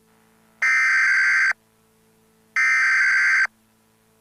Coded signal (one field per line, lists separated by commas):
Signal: Emergency Alert System (SAME) tones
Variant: header bursts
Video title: EAS Scenario: Aqualungs